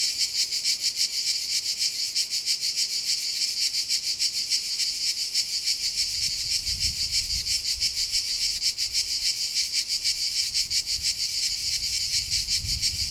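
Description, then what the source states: Steady, high rasping cicada song with fast regular pulses, accompanied by occasional low rumbles in the second half. Cicadas recorded at Castelvecchio di Rocca, Liguria, Italy.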